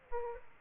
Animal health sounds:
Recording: mosquito wingbeat signal from an infrared sensor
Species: Aedes aegypti

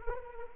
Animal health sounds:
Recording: mosquito wingbeat signal from an infrared sensor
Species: Anopheles arabiensis

